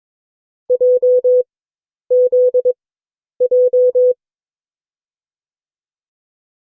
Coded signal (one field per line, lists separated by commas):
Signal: Morse code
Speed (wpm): 22 wpm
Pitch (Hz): 500 Hz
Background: none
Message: JZJ